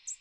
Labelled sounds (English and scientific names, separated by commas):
American Redstart (Setophaga ruticilla) flight call